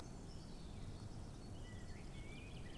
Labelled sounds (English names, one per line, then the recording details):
Great Tit
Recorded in Germany
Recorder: ecoPi